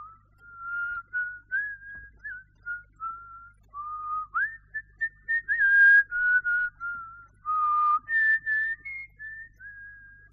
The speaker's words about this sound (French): Lebedev, lui-même, se tenait près d'une table. Il sifflait, songeur.